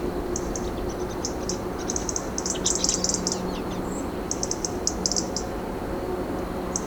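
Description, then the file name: European robin calling with bursts of sharp, high-pitched ticks in quick runs, spaced irregularly against constant low rushing noise. "Erithacus rubecula"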